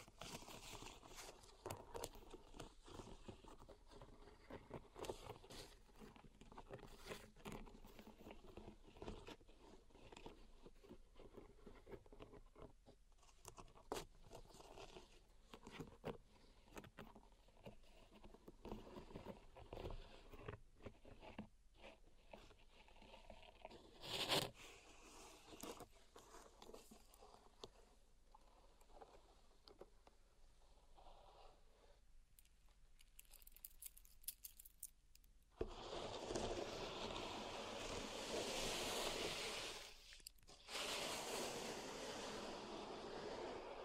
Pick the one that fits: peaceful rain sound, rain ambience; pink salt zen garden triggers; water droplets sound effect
pink salt zen garden triggers